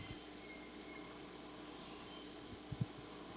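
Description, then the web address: Bronze-olive pygmy-tyrant giving one sharp, high, buzzy trill lasting about a second, followed by near silence and a couple of faint low taps. Recorded in Ecuador. "Birds of Ecuador 3. Bronze-Olive Pygmy-Tyrant"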